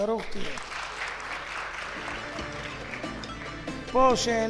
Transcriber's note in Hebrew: מחיאות כפיים